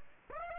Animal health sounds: mosquito wingbeat signal from an infrared sensor; Aedes aegypti

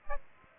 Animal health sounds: mosquito wingbeat signal from an infrared sensor; Aedes aegypti

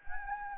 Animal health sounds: mosquito wingbeat signal from an infrared sensor; Anopheles gambiae

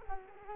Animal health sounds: mosquito wingbeat signal from an infrared sensor; Culex quinquefasciatus

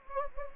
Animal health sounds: mosquito wingbeat signal from an infrared sensor; Anopheles gambiae

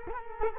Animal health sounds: mosquito wingbeat signal from an infrared sensor; Culex quinquefasciatus

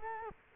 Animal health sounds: mosquito wingbeat signal from an infrared sensor; Culex quinquefasciatus

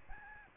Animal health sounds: mosquito wingbeat signal from an infrared sensor; Aedes albopictus

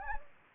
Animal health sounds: mosquito wingbeat signal from an infrared sensor; Anopheles gambiae

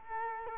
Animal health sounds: mosquito wingbeat signal from an infrared sensor; Culex quinquefasciatus

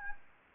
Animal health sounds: mosquito wingbeat signal from an infrared sensor; Anopheles gambiae

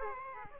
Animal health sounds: mosquito wingbeat signal from an infrared sensor; Aedes aegypti

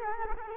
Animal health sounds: mosquito wingbeat signal from an infrared sensor; Culex quinquefasciatus

